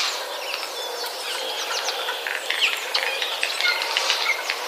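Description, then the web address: Eurasian jay chatter: a dense, steady jumble of soft chirps, clicks and short whistles. Chatter of jays, recorded on 31 March 2013. "wroblowe kolekcja szczebiotsojek 31 03 2013"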